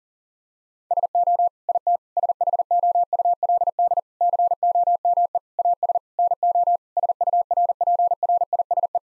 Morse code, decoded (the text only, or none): SO IT SHOULD COME AS NO SURPRISE